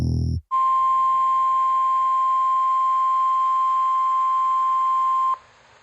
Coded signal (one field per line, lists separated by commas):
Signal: Emergency Alert System (SAME) tones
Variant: 1050 Hz attention tone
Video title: Severe Weather Statement | EAS #156